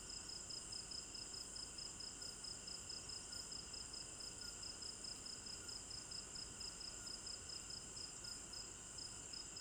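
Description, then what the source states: Cricket chorus: fast, evenly pulsed high chirps over continuous shrill buzzing, with soft low noise underneath. Crickets chirping at night in a village garden in Africa; stereo binaural recording.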